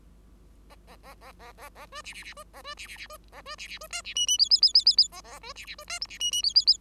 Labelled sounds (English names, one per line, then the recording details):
Bengalese Finch song
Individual Bird5